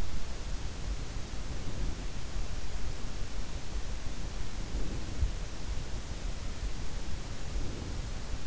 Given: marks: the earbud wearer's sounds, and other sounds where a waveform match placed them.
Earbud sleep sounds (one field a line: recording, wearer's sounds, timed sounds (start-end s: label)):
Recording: sounds in sleep by an in-ear microphone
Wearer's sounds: breath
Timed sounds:
1.10-2.51 s: breath
4.51-5.55 s: breath
7.14-8.47 s: breath